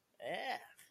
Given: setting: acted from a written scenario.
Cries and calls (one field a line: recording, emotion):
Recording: vocal sound without words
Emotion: disgust